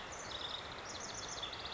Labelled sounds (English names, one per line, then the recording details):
House Wren
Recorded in Sonoma County, California